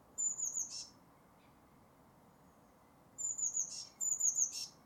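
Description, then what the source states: Eurasian blue tit song: high thin whistled notes followed by a quick buzzy trill, given three times with a long pause after the first, over a steady low background hiss. Recorded in spring.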